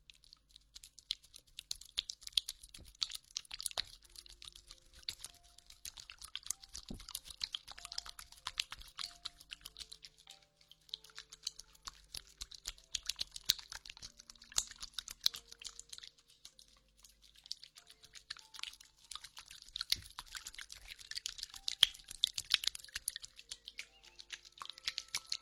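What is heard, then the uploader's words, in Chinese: Sticky slime squelching and crackling fills the clip with dense, fast clicks and pops, bright. Short tonal squeaks and bubbly notes surface now and then over the steady crackle, with a faint low hum underneath. 水沙漏 史莱姆黏液。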